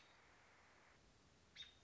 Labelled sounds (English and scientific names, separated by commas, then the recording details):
American Robin (Turdus migratorius)
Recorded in Sonoma County, California